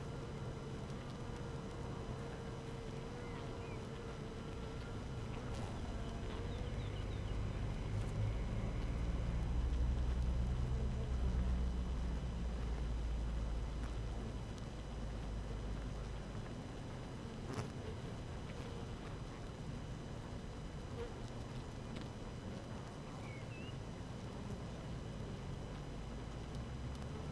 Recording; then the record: honeybee colony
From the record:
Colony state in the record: active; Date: 12 June 2018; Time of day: 5:44